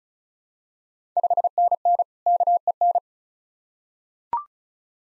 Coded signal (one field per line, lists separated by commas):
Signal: Morse code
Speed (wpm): 36 wpm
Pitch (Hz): 700 Hz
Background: none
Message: 5NN KEN